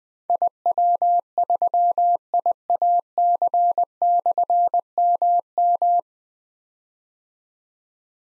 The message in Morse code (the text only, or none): IW3IAC/MM